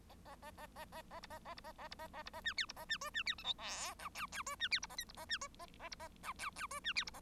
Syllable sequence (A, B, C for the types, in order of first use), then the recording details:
A A A A A A A B A A B A A B A A B A C D B A C E C D F G H I J J E C D B A K B A C E A A B A I J J E C D B A. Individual Bird1